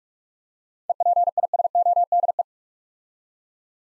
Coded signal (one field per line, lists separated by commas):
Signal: Morse code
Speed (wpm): 44 wpm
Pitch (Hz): 700 Hz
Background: none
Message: EPISODE